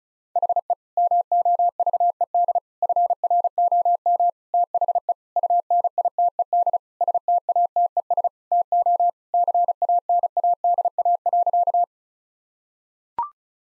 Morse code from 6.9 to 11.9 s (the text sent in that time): STATES TO CANADA.